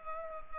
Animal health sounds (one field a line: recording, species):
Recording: mosquito wingbeat signal from an infrared sensor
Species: Culex pipiens